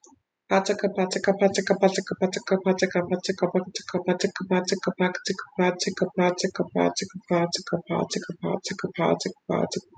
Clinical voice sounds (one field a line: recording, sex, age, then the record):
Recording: repeated syllables /pa ta ka/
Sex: female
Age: 20 to 29 years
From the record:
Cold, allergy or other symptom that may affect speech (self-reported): no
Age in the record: 27 years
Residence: South Carolina, United States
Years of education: 13